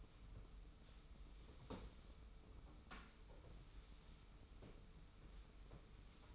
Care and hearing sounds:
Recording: daily activity, microphone in the room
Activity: sweep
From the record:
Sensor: 1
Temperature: 25.3 degrees Celsius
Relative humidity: 41.5%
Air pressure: 991.4 hPa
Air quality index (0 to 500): 127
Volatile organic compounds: 318 ppm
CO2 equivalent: 4520 ppm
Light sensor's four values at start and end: 41/124/50/51 and 41/124/50/51

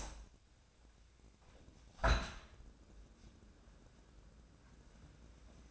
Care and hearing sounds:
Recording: daily activity, microphone in the room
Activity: open window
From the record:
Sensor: 2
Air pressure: 1012.1 hPa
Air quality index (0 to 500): 130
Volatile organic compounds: 1 ppm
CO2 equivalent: 956 ppm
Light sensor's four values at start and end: 181/437/184/192 and 180/434/183/193

